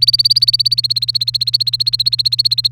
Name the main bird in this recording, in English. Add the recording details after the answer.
Domestic Canary. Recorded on 1 May 2018 at 14:36. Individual llb3